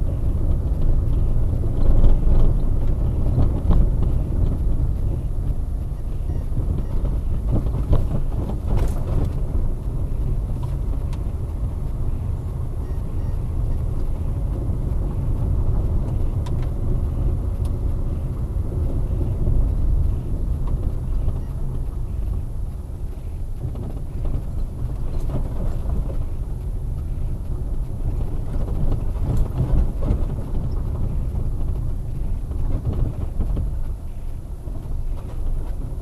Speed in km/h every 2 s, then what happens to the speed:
27, 28, 26, 23, 22, 21, 22, 25, 26, 24, 21, 18, 16, 18, 18, 19, 17, 15.
8-16 steady at about 22. 16-23 slows to 16. 23-36 steady at about 17.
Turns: none.